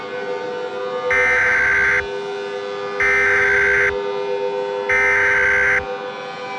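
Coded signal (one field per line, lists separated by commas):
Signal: Emergency Alert System (SAME) tones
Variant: header bursts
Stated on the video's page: Fictional EAS mock scenario using valid EAS tones.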